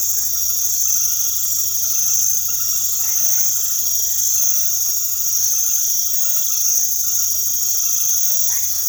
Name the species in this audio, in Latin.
none